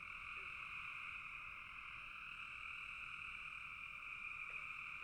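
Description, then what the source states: Chorusing frogs produce a steady, high buzzing trill, continuous and level from start to end. Frogs in a bog.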